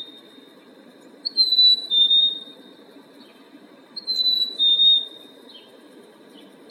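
Bird song: a clear two-part whistle, the second part slightly lower, given twice about three seconds apart over faint low hiss.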